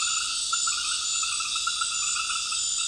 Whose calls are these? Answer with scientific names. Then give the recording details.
none. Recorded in dense forest near Puerto Asís, Putumayo, Colombia, on 19 February 2024 at 19:30. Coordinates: 0.502, -76.324. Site G6370